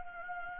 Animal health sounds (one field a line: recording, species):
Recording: mosquito wingbeat signal from an infrared sensor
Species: Anopheles gambiae